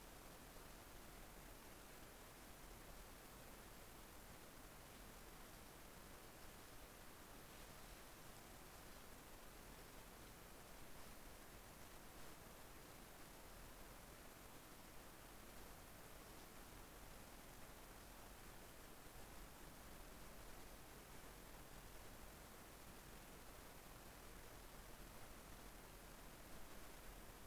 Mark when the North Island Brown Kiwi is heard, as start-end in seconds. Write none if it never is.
none